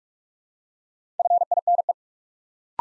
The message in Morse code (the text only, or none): FINE